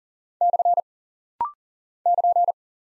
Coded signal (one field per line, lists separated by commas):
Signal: Morse code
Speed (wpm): 38 wpm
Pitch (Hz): 700 Hz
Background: none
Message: / <KN>